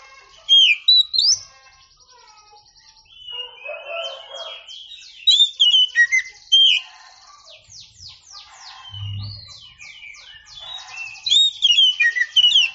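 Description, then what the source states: Oriental magpie-robin song of sweet whistles, rapid repeated downslurred notes and buzzy trills in loud bursts, with one brief low thump partway through. Champion singing bird.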